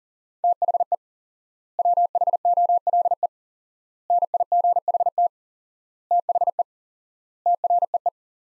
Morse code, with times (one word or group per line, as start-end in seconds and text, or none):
0.4-0.9 THE
1.8-3.3 WHOLE
4.1-5.3 NIGHT
6.1-6.6 THE
7.5-8.1 TREE